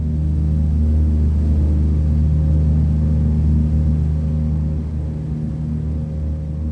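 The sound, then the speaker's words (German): Propeller engines of a Dakota airplane on a special flight to a Royal Air Force airfield in England drone steadily, a deep throbbing hum with layered low tones that holds level throughout and eases slightly toward the end. No voices are heard. “Das Sonderflugzeug landet in England auf einem Flughafen der Royal Air Force, Thamesford.”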